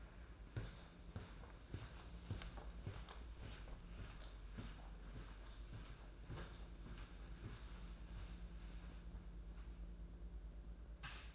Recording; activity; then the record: daily activity, microphone in the room; walk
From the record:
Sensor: 2